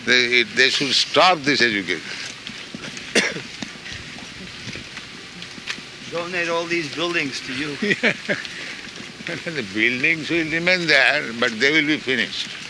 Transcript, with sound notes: They should stop this education.
Donate all these buildings to you.
[laughs] Yes. The buildings will remain there, but they will be finished.